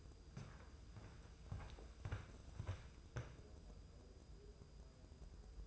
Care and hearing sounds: daily activity, microphone in the room; walk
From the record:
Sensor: 2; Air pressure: 995.8 hPa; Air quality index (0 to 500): 247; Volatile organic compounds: 1000 ppm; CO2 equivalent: 6095 ppm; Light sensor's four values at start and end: 32/77/34/37 and 37/83/38/43

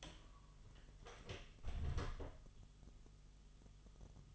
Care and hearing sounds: daily activity, microphone in the room; close door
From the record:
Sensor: 4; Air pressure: 1005.8 hPa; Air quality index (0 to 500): 80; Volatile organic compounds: 2 ppm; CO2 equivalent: 982 ppm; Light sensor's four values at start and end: 13/30/12/11 and 14/31/12/11

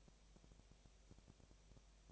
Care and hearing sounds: daily activity, microphone in the room; no activity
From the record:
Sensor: 1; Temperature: 19.8 degrees Celsius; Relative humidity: 37.9%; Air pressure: 998.8 hPa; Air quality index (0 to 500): 233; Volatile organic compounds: 134 ppm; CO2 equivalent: 3948 ppm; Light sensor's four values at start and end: 1/2/1/1 and 1/2/1/1

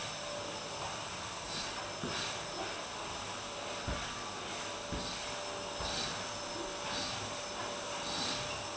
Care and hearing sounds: daily activity, microphone in the room; vacuum cleaning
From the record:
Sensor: 2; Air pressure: 1011.7 hPa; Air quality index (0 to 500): 220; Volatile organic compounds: 4 ppm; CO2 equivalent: 1549 ppm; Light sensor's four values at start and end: 7/16/6/6 and 7/16/6/6

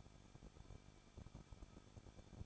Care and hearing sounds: daily activity, microphone in the room; no activity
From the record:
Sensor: 5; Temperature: 20.9 degrees Celsius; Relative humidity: 38.1%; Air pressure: 1006.4 hPa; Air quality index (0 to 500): 187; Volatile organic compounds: 18 ppm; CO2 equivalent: 2622 ppm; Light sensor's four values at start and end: 2/3/1/1 and 2/3/1/1

